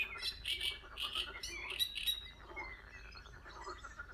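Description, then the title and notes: Great reed warbler song: harsh, chattering bursts of grating notes in the first half, then softer scratchy phrases. Great reed warblers in spring among reeds at a very old pond. "Sounds of the earth presents : 1 hour of " Reed birds and frogs spring sounds at the very old pond""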